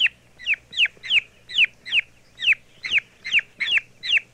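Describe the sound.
Young turkey peeping: clear high notes that drop in pitch, given in a steady series, with a soft steady hum behind.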